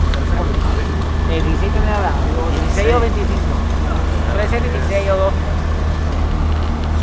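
A steady, heavy low rumble of idling truck engines and machinery at a port during bulk unloading drones without pause, with a faint tonal hum above it, while people talk over the noise.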